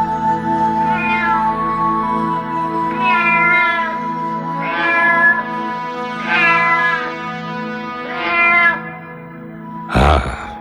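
A cat meows five times at a steady pace, each cry rising and falling in pitch, over a sustained tonal drone, and a sudden sharp burst of noise ends it.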